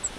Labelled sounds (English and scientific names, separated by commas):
Grace's Warbler (Setophaga graciae) flight call